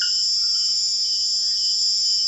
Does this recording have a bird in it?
no